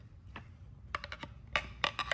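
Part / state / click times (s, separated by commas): fixed-blade knife into kydex sheath / not seated / none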